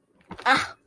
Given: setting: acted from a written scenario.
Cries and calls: vocal sound without words; anger

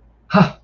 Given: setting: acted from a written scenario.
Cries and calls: vocal sound without words; realization

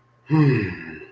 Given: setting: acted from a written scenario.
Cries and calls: vocal sound without words; relief

